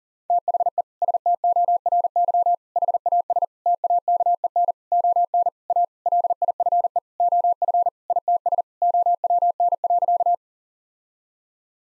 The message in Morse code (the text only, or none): THE STORY HAS TAKEN ON A LIFE OF ITS OWN.